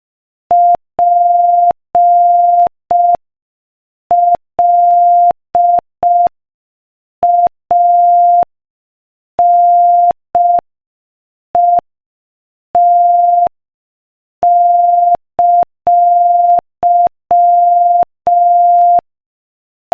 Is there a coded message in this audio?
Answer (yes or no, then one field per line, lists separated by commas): yes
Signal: Morse code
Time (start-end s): 0.5-19.0 s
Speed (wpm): 5 wpm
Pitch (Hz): 700 Hz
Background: none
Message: PLANET!